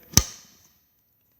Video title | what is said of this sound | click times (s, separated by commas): Adria Severn outside handover | and then when we reinsert once you hear the click you know you're fully engaged | 0.2 s